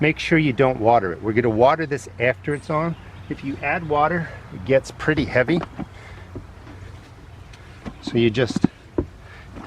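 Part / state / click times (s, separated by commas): plastic planter tier onto the tier below in a vertical garden tower / seated / 9.0 s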